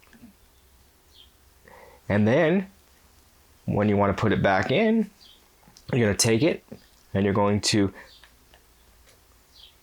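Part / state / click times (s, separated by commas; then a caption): battery into DSLR camera battery compartment / not seated / none. A camera battery is handled at the battery compartment of a Nikon D3300 DSLR, about to be pushed in past the orange retaining lever, while someone talks over faint handling noises. The clip ends before the battery goes home, so nothing has seated or clicked yet.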